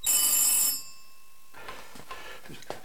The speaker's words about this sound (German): Das Telefon klingelt.